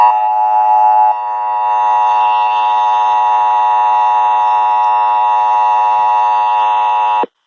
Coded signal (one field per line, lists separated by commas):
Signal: Emergency Alert System (SAME) tones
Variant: 853 and 960 Hz attention tone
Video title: EAS/NWR Alert #72-75: Ohio's Required Monthly Test on daylight hours